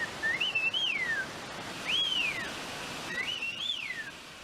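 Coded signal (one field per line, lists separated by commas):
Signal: whistled language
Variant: Sochiapam Chinantec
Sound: three clear gliding whistled phrases, rising and falling in pitch, over faint background hiss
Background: outdoor background hiss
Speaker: The elder men can carry on conversations in whistled speech. Some of them, not all of them.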